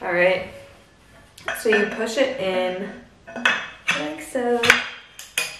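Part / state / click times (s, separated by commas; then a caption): push-button clasp joining the two halves of a resistance training bow / seated / 5.4 s. Two halves of a portable resistance training bow are joined by a push-button clasp: the spring button is pressed in and the section slid together until the button pops into its hole. Someone talks through most of the clip, and then a sharp click at 5.4 seconds marks the clasp seating into place.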